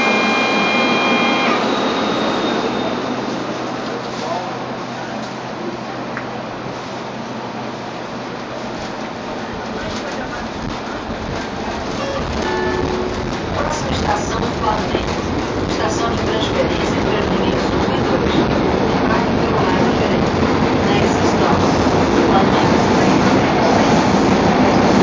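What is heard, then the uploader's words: A subway train in São Paulo rolls toward a station, its steady rumble filling the whole clip and swelling louder over the last half. A brief tone sounds at the start, and faint voices and metallic clatter surface intermittently through the noise. Sounds of a tube aproaching a station in Sao Paulo by roelven.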